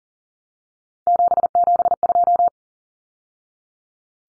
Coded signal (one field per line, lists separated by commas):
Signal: Morse code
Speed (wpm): 40 wpm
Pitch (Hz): 700 Hz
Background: none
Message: 772